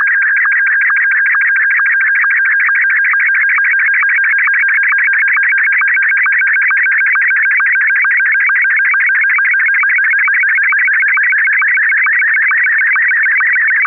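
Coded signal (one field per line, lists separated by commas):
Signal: SSTV (slow-scan television)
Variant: Martin 1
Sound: steady warbling, chirping tone scanning rapidly with rhythmic clicks, unbroken for fourteen seconds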